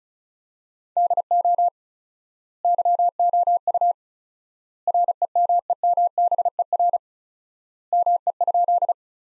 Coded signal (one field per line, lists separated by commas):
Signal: Morse code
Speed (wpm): 36 wpm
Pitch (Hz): 700 Hz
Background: none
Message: DO YOU REMEMBER ME?